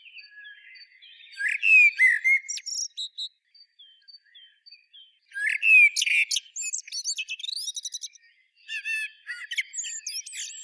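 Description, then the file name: Common blackbird singing fluty, warbled phrases that break into thin, scratchy high twitters, three phrases spaced a few seconds apart with soft chirps in the gaps. "Turdus merula"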